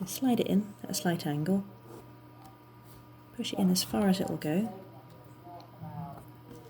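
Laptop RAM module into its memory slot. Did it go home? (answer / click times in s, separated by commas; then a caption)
no / none. Someone talks while a RAM module is slid at a slight angle into the memory slot of an HP EliteBook 725 G4 laptop and pushed in as far as it will go, with only faint, soft handling noise between and after the speech. The module has not yet been pressed down into its latches, so nothing has clicked or seated yet.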